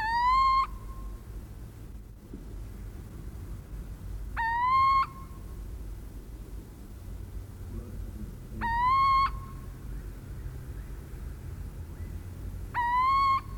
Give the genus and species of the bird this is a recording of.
Athene noctua